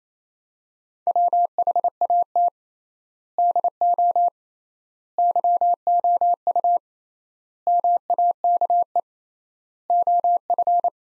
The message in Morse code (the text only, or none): WHAT DO YOU MAKE OF